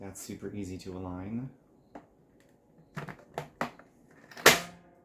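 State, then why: Seated. Someone talks as the plastic cover and sieve assembly of a centrifugal juicer is put back onto the juicer base and pushed home. A few light knocks are heard at about 3.0, 3.4 and 3.6 seconds, then a sharp, louder click at 4.5 seconds as the assembly seats in place.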